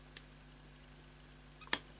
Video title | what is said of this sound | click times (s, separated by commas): Fixing STICK DRIFT on a £9.99 eBay PS4 controller - Quick Fix | there we go now that's clicked into place | 1.7 s